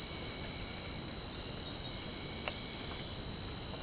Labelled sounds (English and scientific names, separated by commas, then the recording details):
none
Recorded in secondary vegetation near Puerto Asís, Putumayo, Colombia, on 24 March 2025 at 01:30
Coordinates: 0.488, -76.319
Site G095